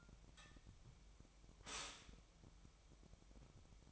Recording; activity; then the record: daily activity, microphone in the room; stop toaster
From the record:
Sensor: 1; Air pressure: 1002.0 hPa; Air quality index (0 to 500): 238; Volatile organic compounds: 42 ppm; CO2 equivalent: 3184 ppm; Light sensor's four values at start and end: 10/36/13/15 and 10/36/13/15